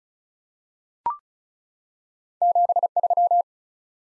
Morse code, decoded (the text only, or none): 73